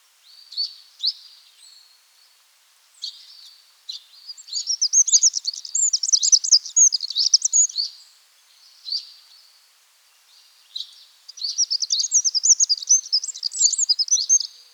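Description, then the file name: Eurasian wren giving scattered high notes and two long, fast, piercing trilled song bursts with sharp rattling phrases. "Troglodytes troglodytes"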